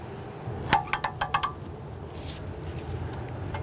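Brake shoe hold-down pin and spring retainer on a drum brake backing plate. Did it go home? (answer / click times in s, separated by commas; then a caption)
yes / 1.2 s, 1.3 s. On a 2011-2017 Nissan Quest, a brake shoe hold-down pin is pushed with a screwdriver through the drum brake backing plate and twisted so its spring retainer locks on, anchoring the front parking brake shoe. A burst of sharp metallic clinks runs from about 0.7 to 1.4 s, with the pin locking into place at 1.2 s and 1.3 s. Quiet low background noise follows.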